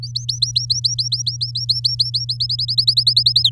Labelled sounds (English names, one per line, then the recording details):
Domestic Canary song
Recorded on 7 May 2018 at 14:03
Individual llb16